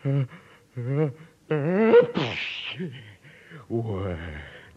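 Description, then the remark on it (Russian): In a 1949 recording of the Buratino story, a voice acts out a single sharp, breathy sneeze, preceded by rising whimpering wails from Buratino and followed by more moaning vocal sounds, all fairly loud. “Пьеро украдкой шепнул Буратино, чтобы он попробовал заговорить с ним между чиханием.”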